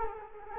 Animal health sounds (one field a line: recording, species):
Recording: mosquito wingbeat signal from an infrared sensor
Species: Culex quinquefasciatus